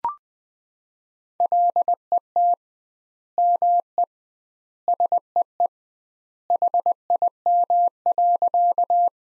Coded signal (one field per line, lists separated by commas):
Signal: Morse code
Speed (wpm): 21 wpm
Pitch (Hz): 700 Hz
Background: none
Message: LET ME SEE HIM.